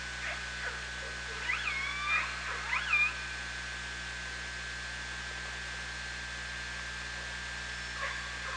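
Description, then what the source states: Killer whale calls underwater: a short group of rising and falling whistled, pulsed calls in the middle, heard through a steady electrical hum and hiss. OrcaLab hydrophone, 24 August 2017.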